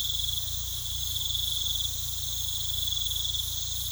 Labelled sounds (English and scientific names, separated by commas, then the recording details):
none
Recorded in pastures near Puerto Asís, Putumayo, Colombia, on 18 December 2024 at 20:00
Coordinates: 0.486, -76.323
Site GP01